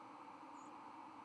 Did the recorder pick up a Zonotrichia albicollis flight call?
yes